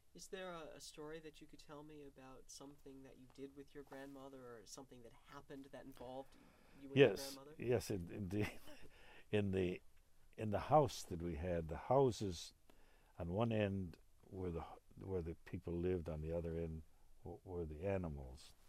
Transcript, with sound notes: Is there a story that you can tell me about something that you did with your grandmother or something that happened that involved you and your grandmother?
Yes, yes, indeed. (he laughs) In the, in the house that we had, the houses, on one end where the people, on the other end were the animals.